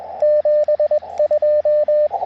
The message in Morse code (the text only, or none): 72